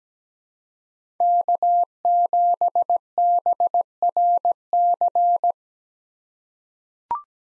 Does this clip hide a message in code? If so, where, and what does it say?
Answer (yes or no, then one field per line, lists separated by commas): yes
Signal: Morse code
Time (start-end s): 1.2-5.5 s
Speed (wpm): 17 wpm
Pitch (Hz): 700 Hz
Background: none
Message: K7BRC